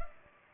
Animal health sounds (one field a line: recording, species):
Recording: mosquito wingbeat signal from an infrared sensor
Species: Culex pipiens